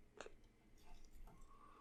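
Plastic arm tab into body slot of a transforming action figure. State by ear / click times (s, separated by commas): not seated / none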